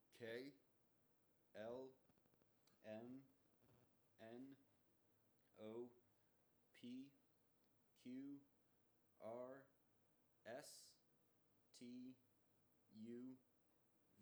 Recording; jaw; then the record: letters of the alphabet, spoken; free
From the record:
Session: first day, before the bite bar